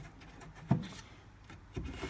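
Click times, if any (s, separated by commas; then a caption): 0.7 s. A wooden shelf fitted with a hidden slide-in connector strip is placed into position against a side panel, set back 35 mm, and slid along until the connector grips and locks. A sharp, low-heavy knock at 0.7 s marks the lock, followed by faint sliding rubs, a softer tick near 1.5 s and a dull thump around 1.8 s. The shelf ends up seated and locked to the panel.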